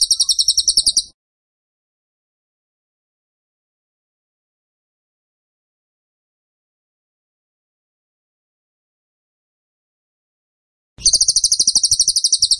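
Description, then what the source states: Bird song in two bursts of high rapid trilling separated by roughly ten seconds of silence. Bird singing vigorously (gacor) in tembakan style; masteran (training) recording.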